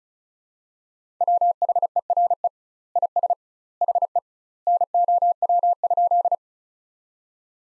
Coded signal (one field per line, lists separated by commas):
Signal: Morse code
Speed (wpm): 36 wpm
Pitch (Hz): 700 Hz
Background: none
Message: WHERE IS HE NOW?